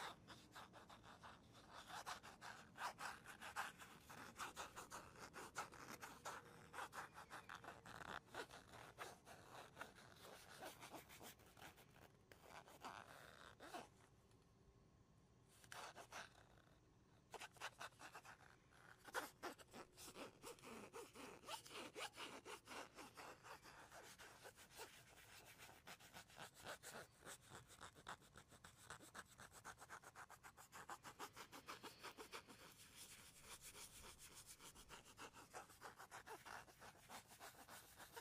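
Dense, continuous tapping and scratching on wood, cork and cardboard, with rapid crisp strokes that sound like sawing or rubbing. The activity pauses briefly around 14 to 17 seconds, then resumes at a steady, busy pace through the end. No talking.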